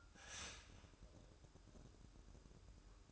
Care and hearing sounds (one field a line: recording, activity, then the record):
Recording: daily activity, microphone in the room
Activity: start toaster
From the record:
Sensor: 2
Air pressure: 1007.0 hPa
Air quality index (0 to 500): 39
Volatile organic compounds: 1 ppm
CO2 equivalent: 538 ppm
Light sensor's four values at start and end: 6/13/5/6 and 6/13/5/5